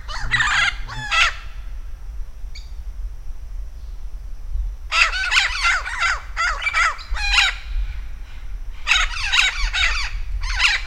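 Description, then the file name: Vinaceous-breasted amazon uttering raucous, grating squawks in clustered bursts separated by quiet gaps of a few seconds. Recorded in Campos do Jordão State Park, São Paulo state, Brazil, on 3 December 2009. "Amazona-vinacea-PECampos-do-Jordao SP-Brazil"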